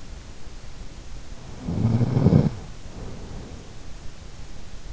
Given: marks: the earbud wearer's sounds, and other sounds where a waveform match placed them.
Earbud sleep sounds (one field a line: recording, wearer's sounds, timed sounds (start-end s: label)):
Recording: sounds in sleep by an in-ear microphone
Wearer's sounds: snoring breath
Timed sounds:
1.48-3.68 s: snoring breath